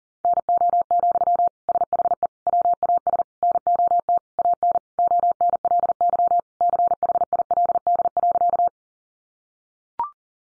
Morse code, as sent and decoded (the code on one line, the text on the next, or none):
-. --- --..-- / ... .... . / .-- .- ... / -. --- - / .- -. / --- -. .-.. -.-- / -.-. .... .. .-.. -.. .-.-.-
NO, SHE WAS NOT AN ONLY CHILD.